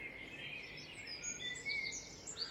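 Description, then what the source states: Birds singing, with short high whistles and thin chirping notes overlapping against a soft background hiss. Birds singing in a dawn chorus.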